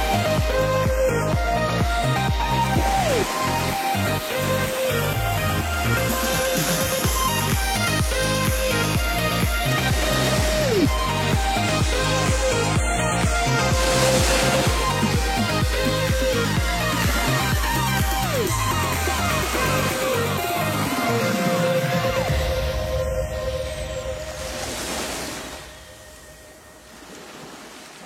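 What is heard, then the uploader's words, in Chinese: Upbeat electronic music over ocean waves, with a steady pulsing beat and bright synth tones running through most of the clip. Sweeping rises and falls appear around 7, 11 and 21 seconds, and the music thins out and drops in level near the end. 3D清爽电音配海浪。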